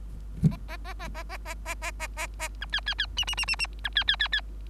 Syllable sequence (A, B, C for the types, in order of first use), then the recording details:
A A A A A A A A A A A A B C C C D D D D D B C C C C. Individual Bird3